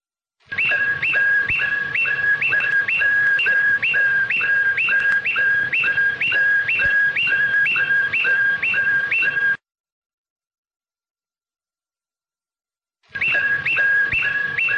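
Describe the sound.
Canary singing a steady run of paired whistled notes, low then high, repeated about twice a second. A few seconds of silence follow before the phrase resumes.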